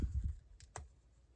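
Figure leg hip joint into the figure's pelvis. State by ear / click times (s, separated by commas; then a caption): not seated / none. The plastic hip joint of a Jakks Pacific Sonic the Hedgehog Rouge action figure is rotated through its ratchet, with the leg turning in the figure's pelvis. After a low rumble at the start, two short, sharp ticks sound near 0.6 and 0.8 seconds. Nothing has seated or clicked into place yet.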